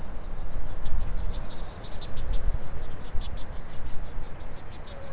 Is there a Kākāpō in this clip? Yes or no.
no